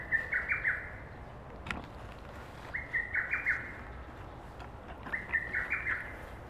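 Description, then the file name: Lesser cuckoo giving its quick, clipped multi-note phrase three times. A single sharp click falls between the first two calls, and a constant low hum runs beneath. "hototogisu"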